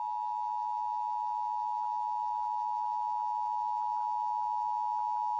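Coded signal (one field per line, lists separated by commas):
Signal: Emergency Alert System (SAME) tones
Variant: 853 and 960 Hz attention tone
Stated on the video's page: Real required weekly and monthly EAS tests, captured off-air.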